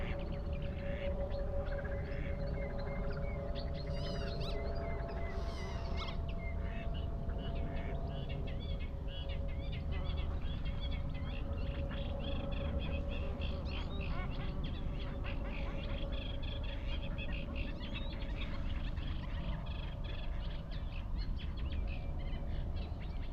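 Wetland birds, lapwings, redshank, Cetti's warblers, geese and ducks, call in short repeated bursts over a steady low rumble and a constant hum.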